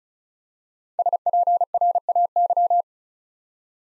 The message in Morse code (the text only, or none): SPRAY